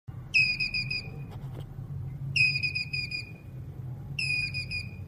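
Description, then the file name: Squirrel uttering three runs of rapid high pulsed notes, roughly two seconds apart, with a brief rustle and low hum behind. Male squirrel calling. "Tieng soc duc keu"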